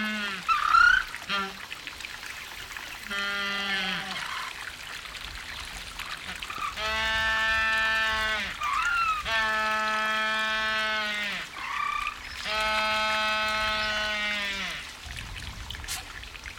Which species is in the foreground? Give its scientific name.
Spheniscus humboldti